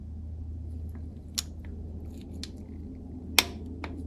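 A click-type torque wrench set to 31 ft-lb tightens the timing belt tensioner bolt below the water pump on a 1997–2008 Toyota Camry during a timing belt kit replacement. Faint clicks and ratcheting sounds come over a low hum, then the wrench gives a sharp click at 3.4 seconds as it reaches its setting, followed by a smaller tick. The bolt is confirmed torqued to spec.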